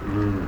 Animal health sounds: contact call of a hoofed animal; wild boar; grunt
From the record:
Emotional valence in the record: negative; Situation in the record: naturally occurring agonistic interactions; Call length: 0.48 s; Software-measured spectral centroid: 1520 Hz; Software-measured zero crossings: 840 a second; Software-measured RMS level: -24 dBFS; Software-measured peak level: -13 dBFS

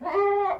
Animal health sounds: contact call of a hoofed animal; goat; low-frequency (closed-mouth) or high-frequency (open-mouth) call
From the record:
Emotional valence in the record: negative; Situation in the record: food frustration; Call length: 0.60 s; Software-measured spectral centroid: 1210 Hz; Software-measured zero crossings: 1310 a second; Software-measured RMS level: -24 dBFS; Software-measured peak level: -14 dBFS

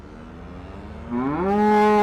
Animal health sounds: contact call of a hoofed animal; cattle; low-frequency (closed-mouth) or high-frequency (open-mouth) call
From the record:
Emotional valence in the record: negative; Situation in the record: full separation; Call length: 2.1 s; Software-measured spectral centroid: 1470 Hz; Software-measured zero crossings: 980 a second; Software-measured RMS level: -21 dBFS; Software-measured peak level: -13 dBFS

